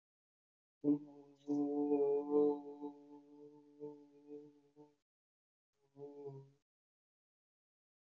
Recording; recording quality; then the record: sustained vowel as in boot; excellent, no background noise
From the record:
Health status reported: healthy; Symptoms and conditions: hypertension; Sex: male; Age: 54 years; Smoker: not ticked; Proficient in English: yes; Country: India